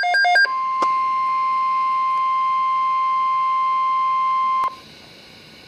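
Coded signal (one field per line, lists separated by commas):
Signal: Emergency Alert System (SAME) tones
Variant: 1050 Hz attention tone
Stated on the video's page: Real Tornado Watch, linked to a hurricane, recorded on a Samsung Galaxy S III phone.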